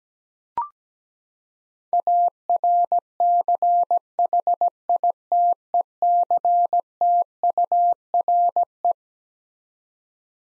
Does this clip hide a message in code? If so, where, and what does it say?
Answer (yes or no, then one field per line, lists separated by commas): yes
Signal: Morse code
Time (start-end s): 1.9-8.9 s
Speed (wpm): 17 wpm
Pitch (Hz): 700 Hz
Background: none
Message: ARCHITECTURE